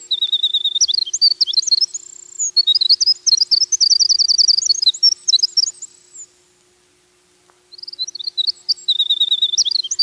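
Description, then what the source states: Winter Wren song, an extended bubbling stream of very high trills and twittering notes; after a pause near seven seconds, another song begins. Song described as long and silver-threaded, rivalled only by the loon's call for defining the wild beauty of the North Country.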